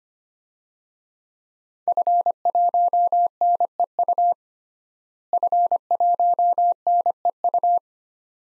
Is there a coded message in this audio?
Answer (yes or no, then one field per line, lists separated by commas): yes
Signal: Morse code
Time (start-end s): 1.9-7.8 s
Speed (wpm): 25 wpm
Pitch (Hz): 700 Hz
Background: none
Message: F1NEU F1NEU